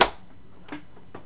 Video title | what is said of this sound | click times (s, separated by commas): How-to Build a pc (Part 2) | wait for him to snap into place make sure | 0.0 s